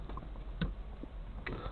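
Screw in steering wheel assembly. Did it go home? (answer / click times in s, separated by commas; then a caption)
no / 0.6 s, 1.5 s. A screwdriver is turned against a stubborn screw holding steering wheel assembly parts, and the bit slips in the screw head with faint ticking sounds at 0.6 and 1.5 seconds. The screw is stripped.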